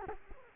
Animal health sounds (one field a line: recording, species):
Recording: mosquito wingbeat signal from an infrared sensor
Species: Culex quinquefasciatus